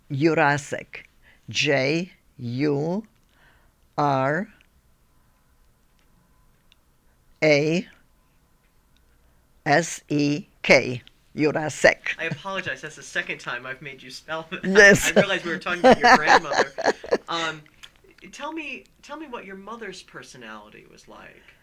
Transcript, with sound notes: Jurasek, J-U-R-A-S-E-K, Jurasek. (she laughs)
I apologize. That's the second time I've made you spell that. (he laughs)
Yes. (she laughs)
I realize we were talking about your grandmother. (they laugh) Tell me, tell me what your mother's personality was like.